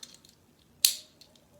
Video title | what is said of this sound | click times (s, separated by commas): Beyblade Burst DB Series Overdrive Set. | you're gonna hear a little click | 0.8 s